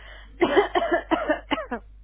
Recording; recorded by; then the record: voluntary cough; telephone call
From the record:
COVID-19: positive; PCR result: self-reported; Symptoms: no